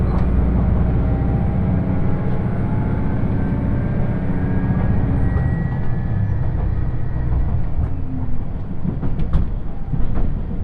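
Onboard a diesel limited express train on the Yosan Line, a thick low engine drone and rumbling wheels fill the whole stretch at steady loudness. Faint whining tones drift and slide through the middle, and a few sharp clicks and knocks from the track appear near the end.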